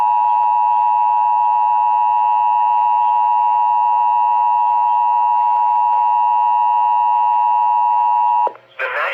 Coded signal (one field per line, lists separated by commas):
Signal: Emergency Alert System (SAME) tones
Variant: 853 and 960 Hz attention tone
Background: speech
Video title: WELCOME BACK TO NC! EAS Alerts from 7/31/20 (EAS #4,792 - 4,831)